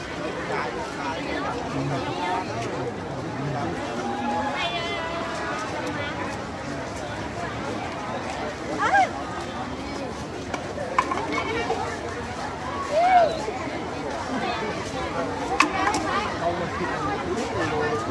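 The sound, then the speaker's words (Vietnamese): A dense crowd of people gathered in hot weather in Ho Chi Minh City to watch a military parade murmurs and chatters continuously, many overlapping voices forming a steady hubbub, with occasional brief louder shouts or calls rising above the babble. “Tuy là thời tiết thành phố Hồ Chí Minh lúc này khá là nóng nhưng mà vẫn không thể nào ngăn được bước chân của những người dân đến đây coi diễu binh diễu hành.”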